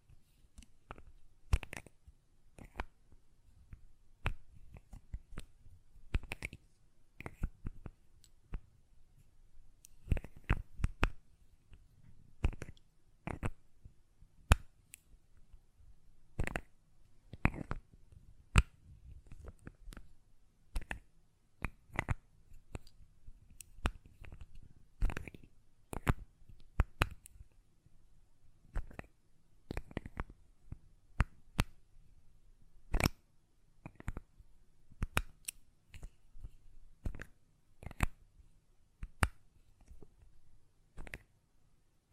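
Tapping on a glass perfume bottle, with sharp, bright clicks and taps arriving irregularly and often in quick clusters throughout. Some hits ring briefly while others are dull knocks, likely from handling the lid. A faint low hum sits underneath between taps.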